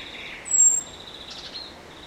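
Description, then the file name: Common blackbird giving a sharp, high, thin whistle, briefly held and slightly falling. "Turdus merula"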